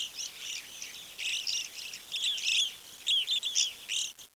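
Bird twittering in a steady stream of high, quick chirps, with brief dips between bursts, over a faint background hiss.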